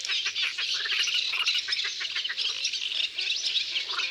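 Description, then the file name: Common starlings calling together, a busy grating chatter broken by quick clicks and short whistled notes. Several birds recorded in Isère, France. "Etourneaux sansonnets Concerts naturels de l Isere Studio Les Trois Becs"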